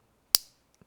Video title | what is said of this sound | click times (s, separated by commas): Everything About Glock 9mm Magazines | there it is captured now snapped right in place perfect now | 0.4 s